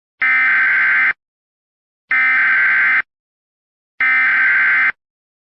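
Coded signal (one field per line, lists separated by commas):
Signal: Emergency Alert System (SAME) tones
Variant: header bursts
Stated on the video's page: Simulated EAS scenario using valid SAME tones.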